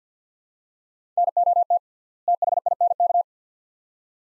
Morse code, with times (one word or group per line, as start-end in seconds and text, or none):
1.2-1.8 NOT
2.3-3.2 THINK